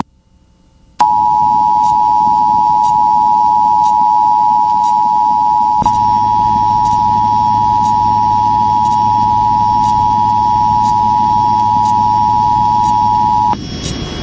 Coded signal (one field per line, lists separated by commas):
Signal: Emergency Alert System (SAME) tones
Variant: 853 and 960 Hz attention tone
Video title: (EAS #20) Arkansas SEVERE THUNDERSTORM WATCH on KALT-FM